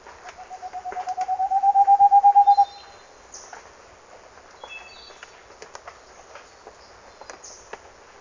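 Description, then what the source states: Moustached Antpitta: a fast run of hollow whistled notes building in loudness, followed by hiss with faint high chirps from other birds and occasional clicks. Ecuador.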